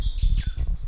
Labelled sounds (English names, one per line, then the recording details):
Stitchbird song
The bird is a male
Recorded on Tiritiri Matangi Island, New Zealand, in 2005
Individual 16, of nest box 24